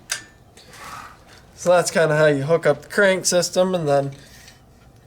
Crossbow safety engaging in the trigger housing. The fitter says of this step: second click is the safety engaging.